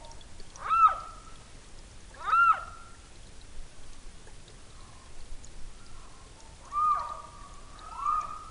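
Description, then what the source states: Ishikawa's frog giving a few separate calls, each a short tone with a falling sweep, spaced a second or more apart over faint background hiss. Recorded in Yanbaru, Okinawa.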